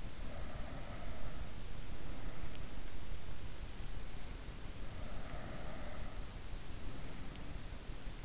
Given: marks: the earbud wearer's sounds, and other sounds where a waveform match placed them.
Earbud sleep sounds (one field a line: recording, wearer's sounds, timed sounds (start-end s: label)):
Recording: sounds in sleep by an in-ear microphone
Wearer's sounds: breath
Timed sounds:
0.00-2.82 s: breath
4.91-7.68 s: breath